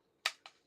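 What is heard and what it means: A pistol holster, after its release paddle is pulled back, is rotated on its rotating belt mount to a horizontal angle. It snaps into the detent with a sharp, bright click at 0.3 s, followed by a softer second tick at 0.5 s. The holster mount locks in place at the new angle.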